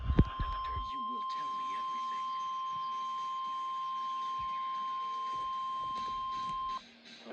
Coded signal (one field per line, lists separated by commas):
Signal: Emergency Alert System (SAME) tones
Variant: 1050 Hz attention tone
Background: speech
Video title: FINALLY CATCHING BACK UP... EAS Tests from October 2025 (EAS #6,384 - 6,444)